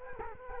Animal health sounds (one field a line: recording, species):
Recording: mosquito wingbeat signal from an infrared sensor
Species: Culex quinquefasciatus